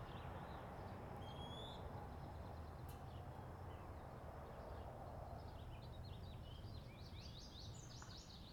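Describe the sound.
Birds chirping, a few high whistles early on, then a dense run of rapid twitters near the end, over steady low background rumble.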